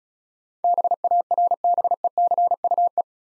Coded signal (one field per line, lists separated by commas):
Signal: Morse code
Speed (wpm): 34 wpm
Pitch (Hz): 700 Hz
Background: none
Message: BARBECUE